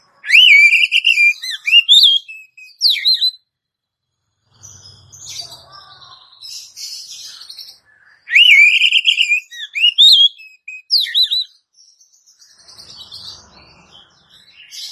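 Oriental magpie-robin singing loud whistled phrases with wavering, warbled notes, two bursts about eight seconds apart, with softer chirps and scratchy sounds between.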